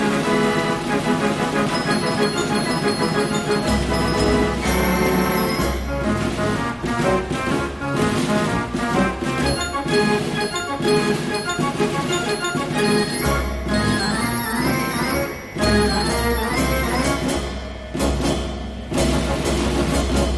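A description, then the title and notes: A fair organ plays a dense, steady tune with many bright pipe notes layered together and a strong, regular rhythm. Deep bass notes come in blocks, dropping out briefly around four and thirteen seconds, while sharp percussive hits punctuate the melody throughout. Fair Organ.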